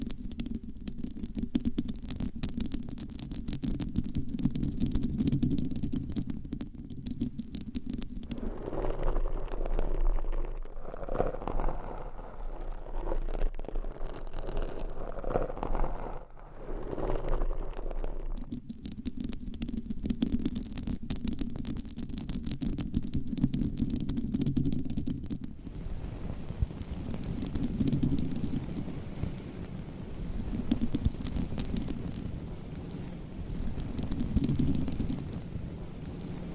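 Scratching and rubbing against microphone covers fills the clip with a dense, rumbling low scrape that keeps shifting. From about 10 to 18 seconds the texture turns rougher and brighter with sharp crackles, then settles back. After 25 seconds it becomes a softer, muffled rubbing.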